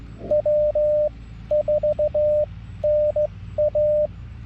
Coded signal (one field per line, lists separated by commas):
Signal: Morse code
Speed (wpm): 16 wpm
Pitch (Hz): 600 Hz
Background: radio noise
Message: W4NA